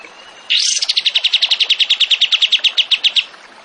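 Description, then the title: Zebra finch trill: an upswept opening note, then many clipped, even notes repeated rapidly, then silence. Masteran training recording of a gacor (vigorously singing) tembakan (zebra finch). "Masteran Burung Tembakan Gacor"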